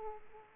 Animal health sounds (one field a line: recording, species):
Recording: mosquito wingbeat signal from an infrared sensor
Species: Aedes aegypti